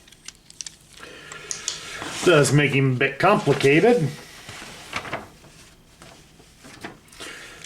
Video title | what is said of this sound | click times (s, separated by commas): Top Toy Expert Reveals BEST Way to Convert Robot into Crane Truck | and they will snap into place like so. | 0.6 s, 1.5 s